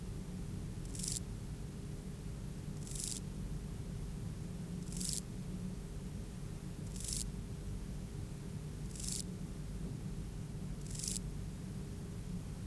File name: Euchorthippus pulvinatus